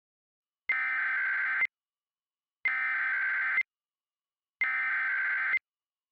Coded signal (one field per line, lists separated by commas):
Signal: Emergency Alert System (SAME) tones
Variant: header bursts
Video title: EAS Mock #32: The Blue Moon